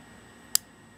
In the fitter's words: it locks into place very strong